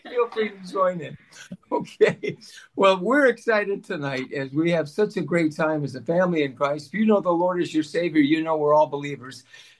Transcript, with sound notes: Feel free to join in. Okay. (laughs) Well, we're excited tonight as we have such a great time as a family in Christ. If you know the Lord as your savior, you know we're all believers.